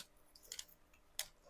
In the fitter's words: Ayun naka-lock na siya.